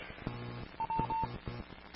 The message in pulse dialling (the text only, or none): none